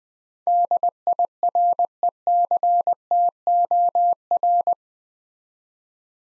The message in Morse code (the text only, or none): DIRECTOR